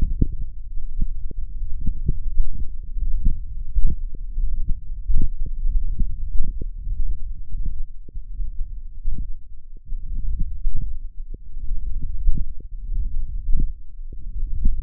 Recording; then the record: forearm muscle sounds (acoustic myography)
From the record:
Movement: hand closing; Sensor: system 1, eight BSWA MPA416 microphones around the upper forearm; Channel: 8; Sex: male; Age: 21 years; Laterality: right